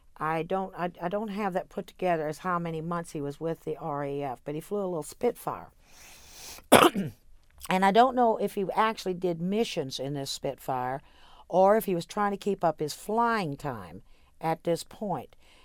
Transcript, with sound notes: I don't — I — I don't have that put together as how many months he was with the RAF. But he flew a little Spitfire. (coughs) And I don't know if he actually did missions in this Spitfire or if he was trying to keep up his flying time at this point.